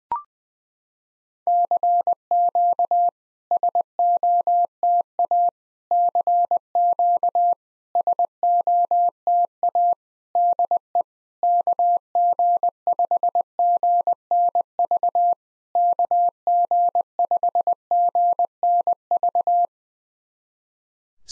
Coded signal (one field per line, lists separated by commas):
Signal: Morse code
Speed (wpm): 20 wpm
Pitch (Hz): 700 Hz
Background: none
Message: CQ SOTA CQ SOTA DE KG5GNV KG5GNV